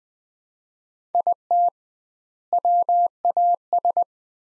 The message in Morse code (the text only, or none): IT WAS